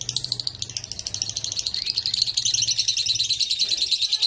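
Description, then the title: Lovebird song: a quick chattering trill that wavers at first, then settles into steady high buzzy pulses, over a low hum in the first half. Lovebird from East Java; described as a "super" lovebird. "Super Lovebird Jawa Timur"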